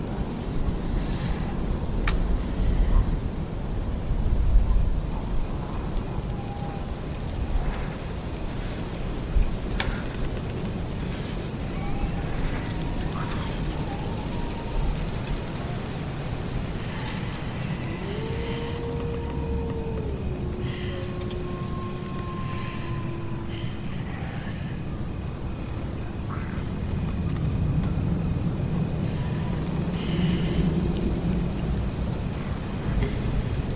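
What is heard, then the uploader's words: Village ambience with a steady low rumble and hiss, faint voice-like tones drifting in around the middle, and occasional soft clicks throughout. Lost in the dark village Asmr ambience.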